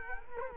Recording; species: mosquito wingbeat signal from an infrared sensor; Culex quinquefasciatus